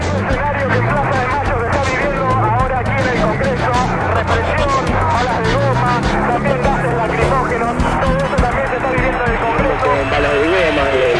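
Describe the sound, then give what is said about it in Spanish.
A crowd runs toward Avenida de Mayo, chased by mounted Federal Police officers on horses: a loud, continuous jumble of many shouting voices over rapid, trampling footfalls that never let up for the whole stretch. “La gente va corriendo hacia la Avenida de Mayo y atrás corren los efectivos de la policía montada.”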